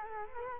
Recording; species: mosquito wingbeat signal from an infrared sensor; Culex quinquefasciatus